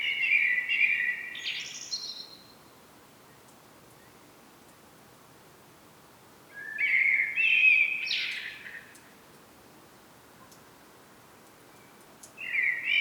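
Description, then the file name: Common blackbird singing mellow whistled phrases with high scratchy flourishes. Long quiet gaps separate the phrases, and a third phrase begins at the end. "Turdus merula"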